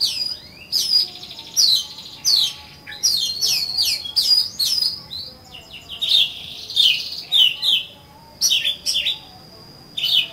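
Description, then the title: Oriental magpie-robin song, a rich run of varied phrases: sharp downslurred whistles, quick chirps and a few sustained high notes, delivered almost continuously with short pauses. "Kacer Kacer"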